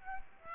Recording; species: mosquito wingbeat signal from an infrared sensor; Aedes aegypti